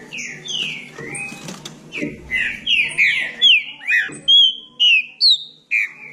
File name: canto do trinca ferro